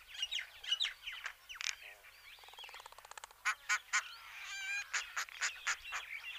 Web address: Schulze Peter Common Myna song